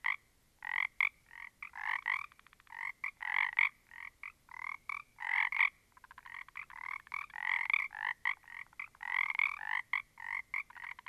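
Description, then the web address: Frogs croaking in dense bursts of pulsed rasping calls and fast rattles, with brief gaps. A small group of frogs. "static audio olofonia Small Group of Frogs"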